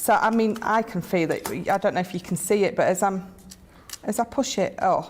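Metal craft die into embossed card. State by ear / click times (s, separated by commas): not seated / none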